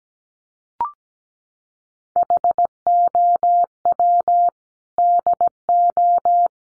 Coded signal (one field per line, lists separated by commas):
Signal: Morse code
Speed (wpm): 17 wpm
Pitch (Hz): 700 Hz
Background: none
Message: HOW DO